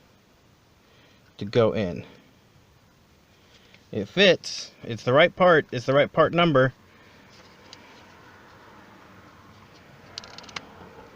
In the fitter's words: But it won't go any further than that. It won't click into place.